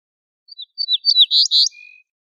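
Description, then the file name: Ortolan bunting singing a single brief phrase: scattered thin chirps build into two strong high notes, followed by a faint steady lower whistle. "suara kicauan ortolan"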